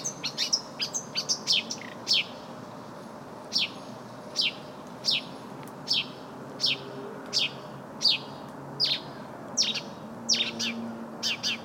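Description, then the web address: Bird giving short, sharp, high chips, first in a quick cluster and then spaced out at regular intervals, over a low background rumble. "ptaki glosy oznacz 170616"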